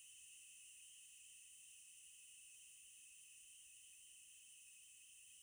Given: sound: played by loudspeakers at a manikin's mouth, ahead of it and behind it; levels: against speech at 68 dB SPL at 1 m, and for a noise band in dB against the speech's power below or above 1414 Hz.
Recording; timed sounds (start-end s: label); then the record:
test signals for a remote microphone
0.00-5.43 s: noise band at 2828 Hz, as loud as that band is in speech
From the record:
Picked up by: remote microphone C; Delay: 23 ms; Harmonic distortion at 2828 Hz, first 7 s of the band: under -9 dB (system noise only)